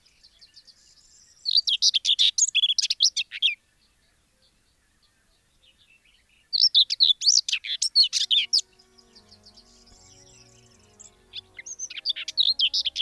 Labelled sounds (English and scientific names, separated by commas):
Common Whitethroat (Sylvia communis)